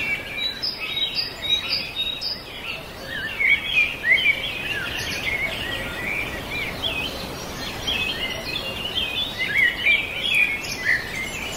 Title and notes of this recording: Summer Songbirds. A deep forest, where birds sing to you their sweetest harmonies